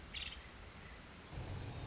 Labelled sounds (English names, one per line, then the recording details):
Nuttall's Woodpecker
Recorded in Sonoma County, California